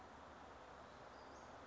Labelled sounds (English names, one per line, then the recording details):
Western Flycatcher
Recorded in Sonoma County, California